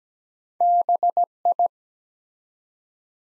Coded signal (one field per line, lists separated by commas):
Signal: Morse code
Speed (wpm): 17 wpm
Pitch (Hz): 700 Hz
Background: none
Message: BI